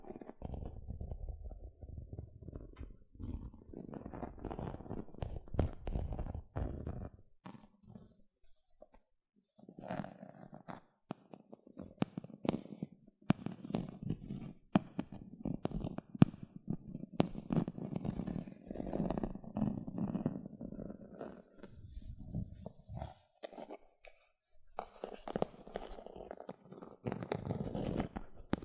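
Gentle scratching comes in soft, uneven bursts of quick scrapes and taps, with a low rumbling undertone and brief silent pauses around ten and twenty-five seconds.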